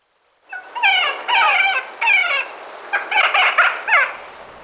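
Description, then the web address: Magellanic woodpecker calling: a series of loud, nasal, squeaky notes that slide downward with strong harmonics, the later ones shorter and more clipped. "darwin 2009. Magellanic Woodpecker"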